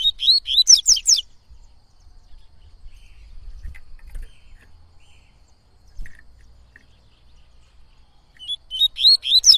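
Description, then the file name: Coleiro-baiano giving a fast burst of whistled notes, then a long pause with soft background noise before another burst begins. Singing a lot; tui-tui song style. "Coleiro Baiano Cantando Muito Canto Tui Tui"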